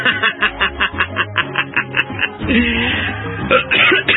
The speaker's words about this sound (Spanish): Ay, la tos.